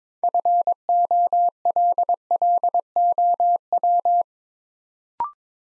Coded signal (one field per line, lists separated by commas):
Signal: Morse code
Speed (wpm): 22 wpm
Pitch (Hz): 700 Hz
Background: none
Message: FOLLOW